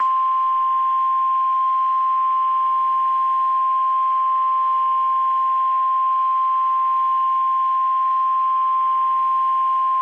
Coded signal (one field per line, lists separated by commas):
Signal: Emergency Alert System (SAME) tones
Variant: 1050 Hz attention tone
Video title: NOAA - 2 High Wind Watches (EAS #1,297 1,298) READ DESC